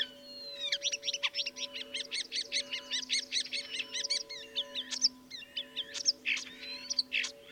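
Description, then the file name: Common starling song with a fast dry clicking rattle, then scattered squeaks and whistled notes, over a steady low electrical hum. Recorded at Dviete. "dviete sturnus vulgaris"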